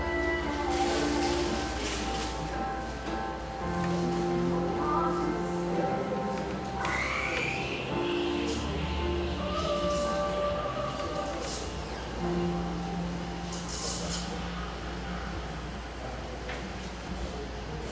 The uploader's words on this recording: Our final Portland recording session (for now) takes place in this industrial-aesthetic cafe in Portland's pictureesque Grant Park neighborhood.